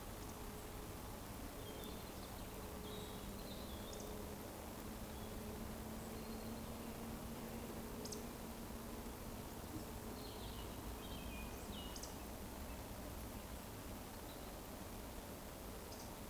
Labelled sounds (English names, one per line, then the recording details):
Eurasian Woodcock whistle
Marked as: whistle, whistle, whistle, whistle, whistle
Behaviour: display flight
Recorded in Baden-Württemberg, Germany, on 24 June 2020 at 19:40 UTC
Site 14569, 102 m above sea level